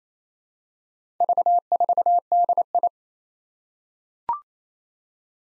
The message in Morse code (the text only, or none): V4DI